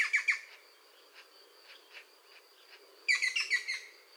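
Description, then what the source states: European green woodpecker calls, a quick harsh chatter at the start, a few faint notes, then a louder rapid chattering burst. A pair active at the nest.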